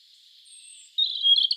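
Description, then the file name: European robin: a faint, thin, high note leads into a sudden, brighter twittering flourish of quick notes. "Erithacus rubecula"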